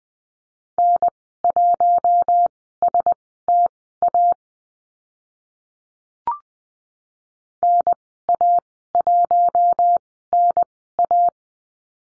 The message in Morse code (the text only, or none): N1STA NA1NA